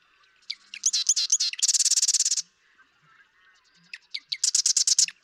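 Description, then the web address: Marsh Wren song: sharp clicking introductory notes build into a dry, rapid mechanical rattle, given twice in five seconds. "birdsongforthecurious Marsh Wren"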